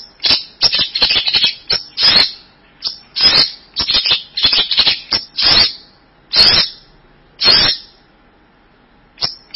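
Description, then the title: Bird delivering a busy run of scratchy, high-pitched chattering bursts, closely spaced at first and then separated by longer pauses. "burung online"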